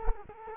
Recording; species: mosquito wingbeat signal from an infrared sensor; Culex quinquefasciatus